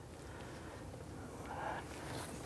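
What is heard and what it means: A new ignition lock cylinder for a 1994–2004 Ford Mustang is turned back slightly with its key and worked into the steering column lock housing. Only a steady low background hiss is heard, with a faint brief scrape around 1.5–1.8 seconds. The cylinder has not been pushed home and nothing has seated or clicked yet.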